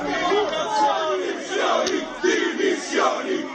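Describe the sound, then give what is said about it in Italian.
A crowd of CasaPound militants shouting in unison, a loud rhythmic chant repeating a short phrase demanding resignation in rising, forceful bursts, at Rome's 13th municipio during the presentation of the Raggi administration's Casalotti–Battistini cable car project, forcing the mayor out under police escort. “Sentite, al grido di dimissioni hanno costretto la sindaca a uscire dalla sala scortata dalla polizia.”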